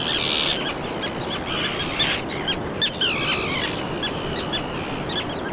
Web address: garajau-comum Vocalizacoes